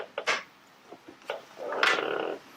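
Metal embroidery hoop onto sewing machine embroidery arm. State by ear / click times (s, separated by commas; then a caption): seated / 1.8 s. A metal quilter's hoop is attached to the embroidery arm of a Pfaff Creative Icon 2 sewing machine, with a few light knocks and handling taps before the hoop clicks at 1.8 s. After a brief louder scrape it is seated and set.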